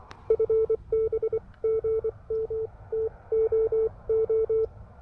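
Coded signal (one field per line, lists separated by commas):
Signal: Morse code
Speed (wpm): 24 wpm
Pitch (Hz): 440 Hz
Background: none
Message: FB GM TOO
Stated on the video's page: Fast Morse during a POTA activation with the Elecraft KH1 handheld radio.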